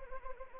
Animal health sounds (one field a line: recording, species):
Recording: mosquito wingbeat signal from an infrared sensor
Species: Anopheles arabiensis